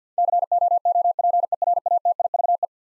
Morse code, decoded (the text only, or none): COOPERATIVE